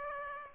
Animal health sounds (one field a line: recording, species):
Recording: mosquito wingbeat signal from an infrared sensor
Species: Aedes aegypti